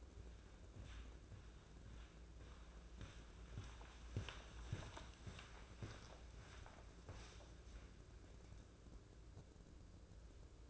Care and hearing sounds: daily activity, microphone in the room; walk to room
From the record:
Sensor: 2

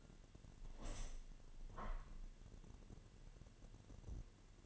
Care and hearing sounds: daily activity, microphone in the room; open window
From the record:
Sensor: 4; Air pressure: 1007.3 hPa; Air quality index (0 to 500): 198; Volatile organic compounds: 7 ppm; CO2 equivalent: 1970 ppm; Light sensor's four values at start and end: 23/73/28/27 and 23/73/28/27

